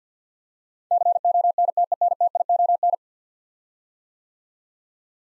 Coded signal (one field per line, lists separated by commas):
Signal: Morse code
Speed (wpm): 50 wpm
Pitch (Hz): 700 Hz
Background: none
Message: CONTENTION